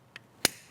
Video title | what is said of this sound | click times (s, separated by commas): RM HANDGUN MAINTENANCE: 02 DETAILED CLEANING | you want to push that the rest of the way, and you'll hear a small click that lets you know everything is set. | 0.4 s